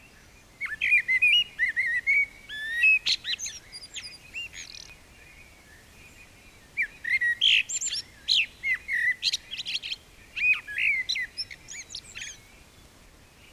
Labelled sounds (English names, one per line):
Common Blackbird song